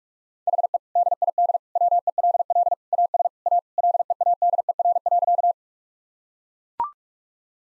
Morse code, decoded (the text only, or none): HE DID WELL AS A LEADER.